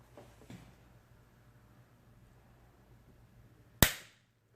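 A metal clamp band on the rear CV boot of a 2016 Can-Am Renegade ATV axle is tightened with a band tool over a quiet low hum and a few faint handling sounds. At 3.8 s it snaps shut with one loud, sharp crack that rings briefly, and the band is locked in place.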